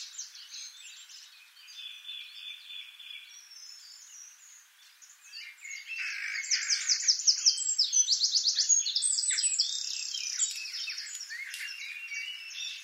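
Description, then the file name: Eurasian wren song: a loud, fast, high trilling sequence midway through, with ringing repeated notes. Fainter birdsong comes before and after. "Troglodytes troglodytes"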